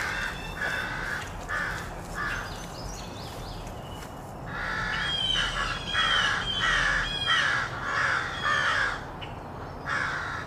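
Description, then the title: Crows cawing in short harsh notes, quieter at first with some twittering small birds, then a louder series of caws; low traffic hum throughout. Rowdy crows loudly cawing in treetops of an urban park just after sunrise, with other birds and morning traffic audible. "Field Recording: The Wild and Raucous Sounds of Crows Cawing in the Treetops"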